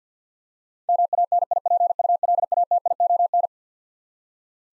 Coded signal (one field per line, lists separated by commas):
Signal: Morse code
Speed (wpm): 50 wpm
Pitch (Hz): 700 Hz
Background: none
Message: MANIPULATION